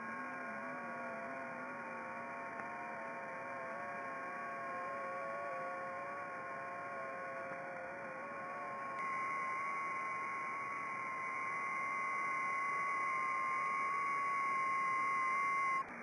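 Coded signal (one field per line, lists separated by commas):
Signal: FT8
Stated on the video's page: FT8 signals on 10 m received in Botswana.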